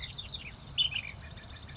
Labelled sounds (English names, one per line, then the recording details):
Ash-throated Flycatcher
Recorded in Sonoma County, California